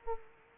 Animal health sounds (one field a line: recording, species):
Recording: mosquito wingbeat signal from an infrared sensor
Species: Culex quinquefasciatus